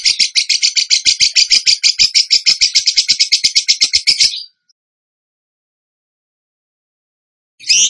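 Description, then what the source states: Bird song: a rapid high rattling trill that lasts about four seconds, stops, then silence until a new burst starts. Bird song in the tembakan gacor style, used as masteran (training for other birds).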